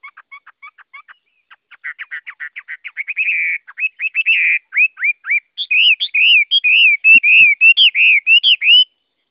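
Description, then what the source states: Chinese hwamei song: a speeding run of short chattering notes swelling into loud, bright rising-and-falling whistles repeated in quick succession. Song in the 'forest voice' (giọng rừng) style.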